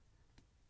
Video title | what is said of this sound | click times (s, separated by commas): Zodiac's COSC Super Sea Wolf Pro Diver | it is a screw down Crown so you can hear it pop there so there's plenty and | 0.4 s